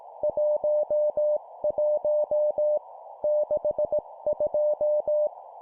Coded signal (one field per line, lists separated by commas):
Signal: Morse code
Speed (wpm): 18 wpm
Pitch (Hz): 600 Hz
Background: none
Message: 11 62